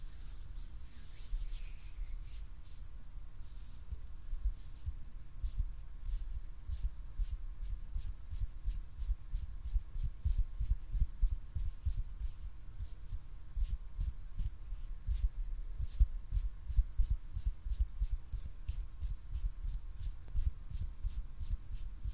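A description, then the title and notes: Hand sounds: sharp, bright taps start sparse, then fall into a fast, steady rhythm over a low rumble and a faint constant hum. ASMR HAND SOUNDS NO TALKING.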